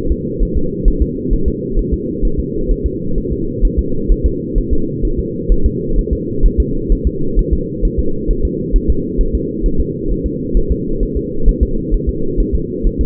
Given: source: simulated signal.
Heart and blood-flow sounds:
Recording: fetal heart sounds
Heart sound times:
0.12 s: S2
0.42 s: S1
0.57 s: S2
0.88 s: S1
1.02 s: S2
1.33 s: S1
1.48 s: S2
1.79 s: S1
1.93 s: S2
2.25 s: S1
2.39 s: S2
2.71 s: S1
2.86 s: S2
3.18 s: S1
3.32 s: S2
3.65 s: S1
3.79 s: S2
4.11 s: S1
4.26 s: S2
4.58 s: S1
4.73 s: S2
5.05 s: S1
5.19 s: S2
5.52 s: S1
5.66 s: S2
5.99 s: S1
6.13 s: S2
6.45 s: S1
6.60 s: S2
6.92 s: S1
7.07 s: S2
7.39 s: S1
7.53 s: S2
7.85 s: S1
7.99 s: S2
8.30 s: S1
8.45 s: S2
8.76 s: S1
8.90 s: S2
9.21 s: S1
9.35 s: S2
9.66 s: S1
9.80 s: S2
10.11 s: S1
10.26 s: S2
10.57 s: S1
10.71 s: S2
11.03 s: S1
11.17 s: S2
11.48 s: S1
11.63 s: S2
11.94 s: S1
12.09 s: S2
12.40 s: S1
12.55 s: S2
12.86 s: S1
13.01 s: S2
From the record:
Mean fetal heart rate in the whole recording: 130 bpm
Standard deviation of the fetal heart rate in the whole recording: 2 bpm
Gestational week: 38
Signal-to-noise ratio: -8.1 dB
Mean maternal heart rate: 72 bpm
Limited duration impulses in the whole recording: absent

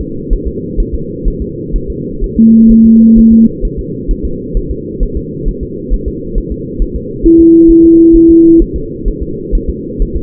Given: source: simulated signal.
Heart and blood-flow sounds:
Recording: fetal heart sounds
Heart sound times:
0.01 s: S2
0.33 s: S1
0.47 s: S2
0.80 s: S1
0.94 s: S2
1.28 s: S1
1.42 s: S2
1.76 s: S1
1.90 s: S2
2.24 s: S1
2.38 s: S2
2.71 s: S1
2.86 s: S2
3.19 s: S1
3.33 s: S2
3.65 s: S1
3.79 s: S2
4.11 s: S1
4.25 s: S2
4.57 s: S1
4.71 s: S2
5.03 s: S1
5.17 s: S2
5.49 s: S1
5.63 s: S2
5.94 s: S1
6.08 s: S2
6.38 s: S1
6.52 s: S2
6.82 s: S1
6.96 s: S2
7.26 s: S1
7.40 s: S2
7.71 s: S1
7.85 s: S2
8.16 s: S1
8.30 s: S2
8.62 s: S1
8.76 s: S2
9.08 s: S1
9.23 s: S2
9.55 s: S1
9.69 s: S2
10.02 s: S1
10.17 s: S2
From the record:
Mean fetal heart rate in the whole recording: 130 bpm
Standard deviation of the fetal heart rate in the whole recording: 4 bpm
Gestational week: 38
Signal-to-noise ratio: -6.6 dB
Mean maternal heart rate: 72 bpm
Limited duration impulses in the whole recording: present

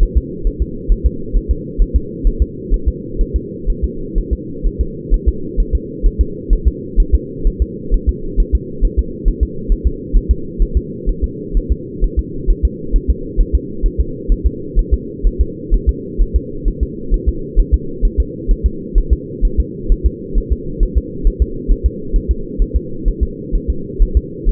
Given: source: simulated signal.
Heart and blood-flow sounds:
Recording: fetal heart sounds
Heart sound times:
0.03 s: S1
0.18 s: S2
0.47 s: S1
0.62 s: S2
0.92 s: S1
1.06 s: S2
1.37 s: S1
1.51 s: S2
1.82 s: S1
1.96 s: S2
2.27 s: S1
2.42 s: S2
2.74 s: S1
2.88 s: S2
3.21 s: S1
3.36 s: S2
3.70 s: S1
3.84 s: S2
4.18 s: S1
4.33 s: S2
4.67 s: S1
4.81 s: S2
5.14 s: S1
5.28 s: S2
5.60 s: S1
5.75 s: S2
6.06 s: S1
6.21 s: S2
6.53 s: S1
6.67 s: S2
7.00 s: S1
7.15 s: S2
7.47 s: S1
7.62 s: S2
7.94 s: S1
8.09 s: S2
8.40 s: S1
8.55 s: S2
8.85 s: S1
8.99 s: S2
9.28 s: S1
9.43 s: S2
9.72 s: S1
9.87 s: S2
10.16 s: S1
10.31 s: S2
10.62 s: S1
10.77 s: S2
11.09 s: S1
11.24 s: S2
11.57 s: S1
11.72 s: S2
12.04 s: S1
12.19 s: S2
12.50 s: S1
12.65 s: S2
12.96 s: S1
13.10 s: S2
13.41 s: S1
13.55 s: S2
13.86 s: S1
14.00 s: S2
14.32 s: S1
14.47 s: S2
14.79 s: S1
14.94 s: S2
15.27 s: S1
15.41 s: S2
15.74 s: S1
15.89 s: S2
16.22 s: S1
16.36 s: S2
16.68 s: S1
16.83 s: S2
17.14 s: S1
17.29 s: S2
17.59 s: S1
17.74 s: S2
18.05 s: S1
18.20 s: S2
18.51 s: S1
18.66 s: S2
18.98 s: S1
19.13 s: S2
19.45 s: S1
19.60 s: S2
19.92 s: S1
20.06 s: S2
20.38 s: S1
20.52 s: S2
20.83 s: S1
20.97 s: S2
21.27 s: S1
21.42 s: S2
21.72 s: S1
21.86 s: S2
22.16 s: S1
22.31 s: S2
22.62 s: S1
22.76 s: S2
23.08 s: S1
23.23 s: S2
23.55 s: S1
23.70 s: S2
24.03 s: S1
24.17 s: S2
24.49 s: S1
From the record:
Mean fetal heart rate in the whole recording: 130 bpm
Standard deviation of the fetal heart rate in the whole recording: 4 bpm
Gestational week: 38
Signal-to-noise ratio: -4.3 dB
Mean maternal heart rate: 72 bpm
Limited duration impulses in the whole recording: absent

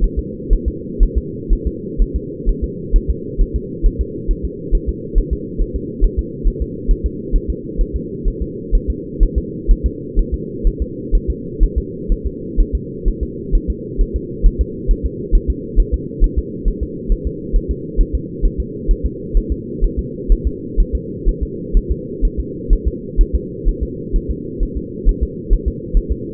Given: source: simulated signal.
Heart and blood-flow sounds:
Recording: fetal heart sounds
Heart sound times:
0.04 s: S1
0.19 s: S2
0.53 s: S1
0.68 s: S2
1.03 s: S1
1.18 s: S2
1.53 s: S1
1.67 s: S2
2.02 s: S1
2.16 s: S2
2.49 s: S1
2.64 s: S2
2.96 s: S1
3.10 s: S2
3.41 s: S1
3.56 s: S2
3.86 s: S1
4.01 s: S2
4.31 s: S1
4.45 s: S2
4.75 s: S1
4.89 s: S2
5.18 s: S1
5.33 s: S2
5.61 s: S1
5.76 s: S2
6.04 s: S1
6.19 s: S2
6.48 s: S1
6.62 s: S2
6.91 s: S1
7.06 s: S2
7.36 s: S1
7.50 s: S2
7.81 s: S1
7.96 s: S2
8.28 s: S1
8.42 s: S2
8.75 s: S1
8.90 s: S2
9.23 s: S1
9.38 s: S2
9.71 s: S1
9.86 s: S2
10.19 s: S1
10.34 s: S2
10.67 s: S1
10.82 s: S2
11.15 s: S1
11.30 s: S2
11.64 s: S1
11.78 s: S2
12.12 s: S1
12.27 s: S2
12.60 s: S1
12.75 s: S2
13.08 s: S1
13.23 s: S2
13.55 s: S1
13.70 s: S2
14.01 s: S1
14.16 s: S2
14.46 s: S1
14.61 s: S2
14.91 s: S1
15.06 s: S2
15.35 s: S1
15.50 s: S2
15.80 s: S1
15.94 s: S2
16.24 s: S1
16.38 s: S2
16.68 s: S1
16.83 s: S2
17.12 s: S1
17.27 s: S2
17.56 s: S1
17.71 s: S2
18.01 s: S1
18.15 s: S2
18.46 s: S1
18.60 s: S2
18.91 s: S1
19.06 s: S2
19.37 s: S1
19.52 s: S2
19.85 s: S1
19.99 s: S2
20.32 s: S1
20.47 s: S2
20.80 s: S1
20.95 s: S2
21.29 s: S1
21.43 s: S2
21.77 s: S1
21.91 s: S2
22.25 s: S1
22.39 s: S2
22.73 s: S1
22.88 s: S2
23.21 s: S1
23.35 s: S2
23.69 s: S1
23.83 s: S2
24.16 s: S1
24.31 s: S2
24.63 s: S1
24.77 s: S2
25.09 s: S1
25.23 s: S2
25.53 s: S1
25.68 s: S2
25.97 s: S1
26.11 s: S2
From the record:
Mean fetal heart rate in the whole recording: 130 bpm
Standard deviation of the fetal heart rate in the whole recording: 4 bpm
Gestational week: 38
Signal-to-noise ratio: -4.1 dB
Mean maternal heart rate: no maternal heart sound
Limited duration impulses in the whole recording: absent

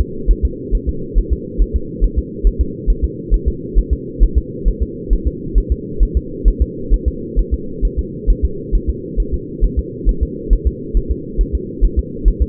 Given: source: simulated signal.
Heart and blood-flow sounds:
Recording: fetal heart sounds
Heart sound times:
0.01 s: S2
0.31 s: S1
0.45 s: S2
0.75 s: S1
0.89 s: S2
1.18 s: S1
1.33 s: S2
1.62 s: S1
1.76 s: S2
2.04 s: S1
2.19 s: S2
2.47 s: S1
2.61 s: S2
2.90 s: S1
3.04 s: S2
3.34 s: S1
3.48 s: S2
3.78 s: S1
3.93 s: S2
4.23 s: S1
4.38 s: S2
4.68 s: S1
4.83 s: S2
5.13 s: S1
5.27 s: S2
5.58 s: S1
5.72 s: S2
6.03 s: S1
6.17 s: S2
6.48 s: S1
6.62 s: S2
6.94 s: S1
7.08 s: S2
7.39 s: S1
7.54 s: S2
7.85 s: S1
7.99 s: S2
8.30 s: S1
8.45 s: S2
8.75 s: S1
8.90 s: S2
9.20 s: S1
9.34 s: S2
9.64 s: S1
9.79 s: S2
10.09 s: S1
10.23 s: S2
10.53 s: S1
10.67 s: S2
10.97 s: S1
11.11 s: S2
11.41 s: S1
11.55 s: S2
11.85 s: S1
11.99 s: S2
12.28 s: S1
12.42 s: S2
From the record:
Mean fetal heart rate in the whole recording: 135 bpm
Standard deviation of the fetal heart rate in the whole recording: 3 bpm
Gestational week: 36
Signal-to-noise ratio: -4.3 dB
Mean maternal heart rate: 72 bpm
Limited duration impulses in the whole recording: absent

